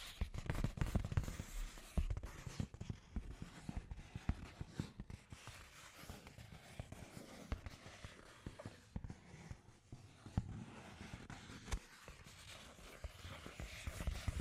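Scratchy tapping runs dense and irregular throughout, with sharp low knocks clustered near the start and end over a constant rough hiss.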